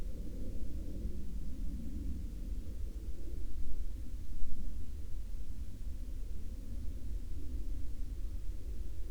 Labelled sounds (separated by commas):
aircraft